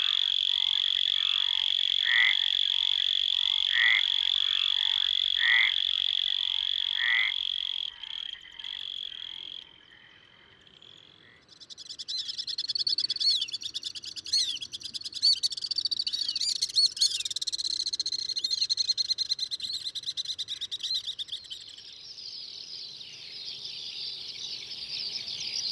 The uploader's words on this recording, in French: Voici un bouquet sonore à découvrir au fil des mois et enregistré dans le sud de la France durant l'année 2018.